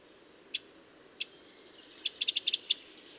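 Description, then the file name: Eurasian wren: two isolated sharp ticks, then a quick run of about seven clicks near the end, over quiet hiss. "Troglodytes troglodytes"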